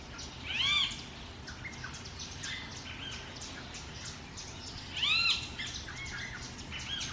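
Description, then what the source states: Parrot calls, two loud grating squawks a few seconds apart, with many smaller birds chirping throughout. Jungle ambience.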